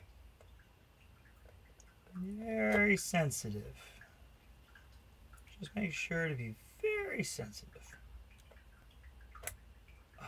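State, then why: Seated. A RAM module is gently slid and pressed into a memory slot on a motherboard sitting outside the case, while someone talks in short bursts over quiet faint ticks and rustles. A sharp click at 9.5 s marks the module seating in the slot.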